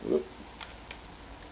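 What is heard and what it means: Plastic clips on the cover of a Dell XPS laptop's optical drive bay are pried backward until they release. Someone talks briefly at the start, then sharp plastic snaps ring out at 0.6 s and 0.9 s as the clips let go. The last snap sounds bad, but nothing looks broken.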